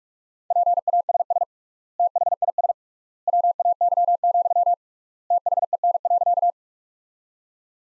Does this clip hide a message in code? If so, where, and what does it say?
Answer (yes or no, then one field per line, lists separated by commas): yes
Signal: Morse code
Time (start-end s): 0.5-6.5 s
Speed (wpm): 46 wpm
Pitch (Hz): 700 Hz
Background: none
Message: PASS THIS WAY, THEN.